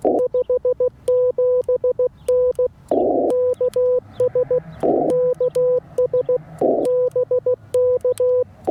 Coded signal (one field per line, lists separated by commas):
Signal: Morse code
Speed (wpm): 16 wpm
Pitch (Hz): 500 Hz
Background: none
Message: 57N KS KS BK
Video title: I'm no POTA expert, but I did activate a Holiday Inn Express!!!